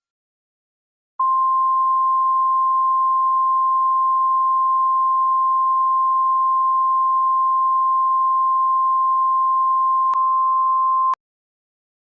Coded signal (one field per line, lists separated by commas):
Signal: Emergency Alert System (SAME) tones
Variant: 1050 Hz attention tone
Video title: EAS Amber Alert (Missing: Haley Willett, Suspect: Archie Whalen)